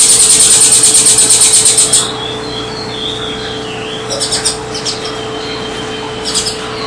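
Double-collared seedeater song opening with a fast, even trill of very high notes for two seconds, followed by sparser twittering phrases; constant low hum behind.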